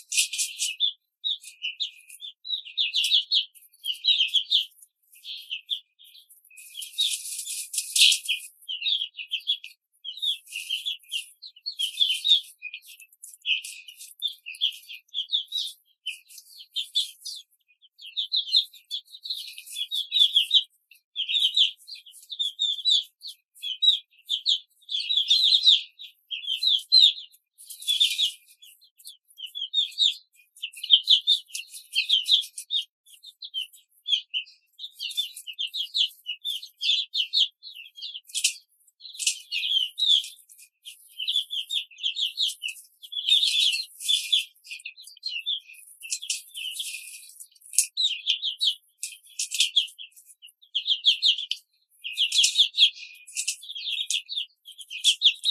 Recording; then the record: young laying hens in a cage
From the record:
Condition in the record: control cage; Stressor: none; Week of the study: 5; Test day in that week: 1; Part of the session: 3